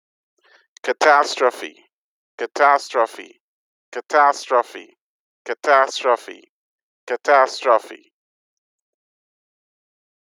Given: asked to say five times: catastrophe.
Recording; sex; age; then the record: repeated word; male; 30 to 39 years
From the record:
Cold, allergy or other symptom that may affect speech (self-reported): no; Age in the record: 35 years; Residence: Connecticut, United States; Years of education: 16